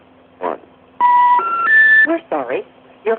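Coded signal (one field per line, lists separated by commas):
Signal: telephone call progress tone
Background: speech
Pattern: special information tone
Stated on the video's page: Vintage step-by-step central office audio: AM-modulated ringbacks, reorder tone interrupted by motor-driven interrupters, relay clicks, pulse dialing, severe inductive crosstalk and office hum.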